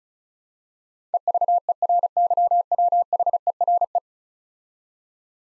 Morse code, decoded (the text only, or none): EVERYWHERE